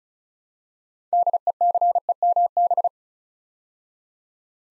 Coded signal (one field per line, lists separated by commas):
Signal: Morse code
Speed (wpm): 36 wpm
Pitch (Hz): 700 Hz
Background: none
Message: DECEMB